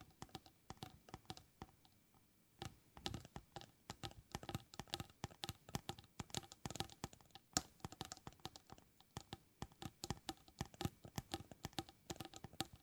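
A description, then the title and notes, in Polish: Fingernails tap and click against a hard surface in quick, irregular bursts. The sharp, bright clicks come several times a second for the whole thirteen seconds, sometimes in quick clusters. A few heavier knocks land around the three, seven and eight second marks. ASMR Tapping Dźwięki uderzania paznokciami.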